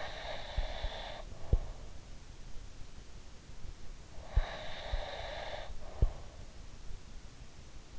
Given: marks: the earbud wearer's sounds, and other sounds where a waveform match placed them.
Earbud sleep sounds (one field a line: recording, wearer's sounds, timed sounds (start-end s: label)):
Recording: sounds in sleep by an in-ear microphone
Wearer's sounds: breath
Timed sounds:
0.00-1.81 s: breath
4.38-6.30 s: breath